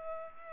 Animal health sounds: mosquito wingbeat signal from an infrared sensor; Culex pipiens

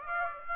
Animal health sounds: mosquito wingbeat signal from an infrared sensor; Aedes aegypti

